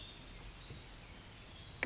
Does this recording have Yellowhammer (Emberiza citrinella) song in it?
no